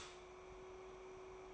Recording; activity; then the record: daily activity, microphone in the room; stop toaster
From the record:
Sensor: 1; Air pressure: 1014.7 hPa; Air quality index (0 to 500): 202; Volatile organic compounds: 35 ppm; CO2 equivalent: 3060 ppm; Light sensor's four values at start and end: 3/8/3/3 and 3/8/3/3